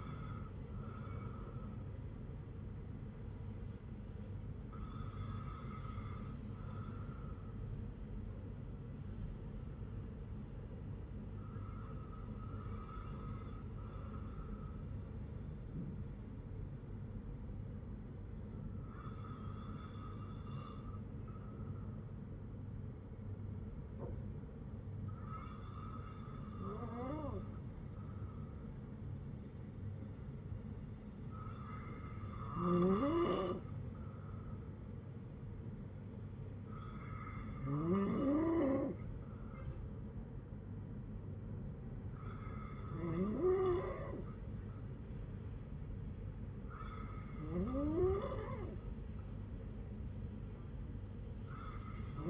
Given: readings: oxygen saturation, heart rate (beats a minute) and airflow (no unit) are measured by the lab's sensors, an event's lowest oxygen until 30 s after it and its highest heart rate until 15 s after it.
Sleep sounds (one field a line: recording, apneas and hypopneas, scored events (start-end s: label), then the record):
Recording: breathing in sleep by a smartphone at the bedside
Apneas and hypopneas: none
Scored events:
none scored
From the record:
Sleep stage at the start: N2 (light sleep)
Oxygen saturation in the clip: 94 to 96%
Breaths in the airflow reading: 9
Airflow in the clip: -5.1 to 3.7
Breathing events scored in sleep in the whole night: 182 in 7.4 hours asleep